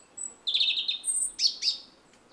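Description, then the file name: European robin: a brief thin whistle, then a wavering high note and two sharp, sliding chips, all very high-pitched. "Erithacus rubecula"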